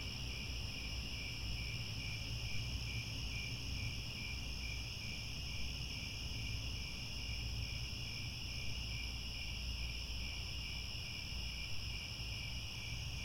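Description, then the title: Crickets in a continuous chorus of shrill, rapidly pulsed trills at several pitches, unbroken throughout, with a low background hum beneath. Chorus of crickets at twilight, as the sun sets and stars appear. "Crickets Chirping at Twilight"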